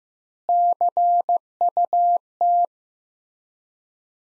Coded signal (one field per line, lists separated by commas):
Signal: Morse code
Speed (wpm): 15 wpm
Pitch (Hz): 700 Hz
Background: none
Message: CUT